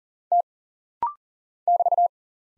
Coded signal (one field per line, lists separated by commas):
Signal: Morse code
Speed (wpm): 43 wpm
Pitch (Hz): 700 Hz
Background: none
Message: T <BT>